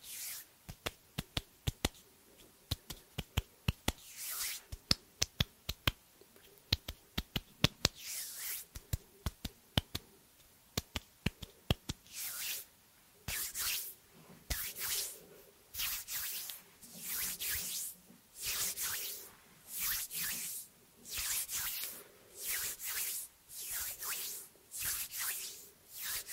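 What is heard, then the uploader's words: Hand sounds with no talking: sharp snaps and taps come in quick, uneven clusters during the first twelve seconds. After that, soft hissing rubs take over, repeating in a steady rhythm about once a second until the end. ASMR Hand sounds No talking.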